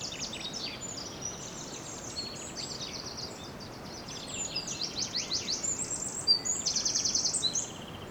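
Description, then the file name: Eurasian wren song, with soft high twittering at first, then a strong, fast trill building from the middle and rattling on for about three seconds. "Troglodytes troglodytes"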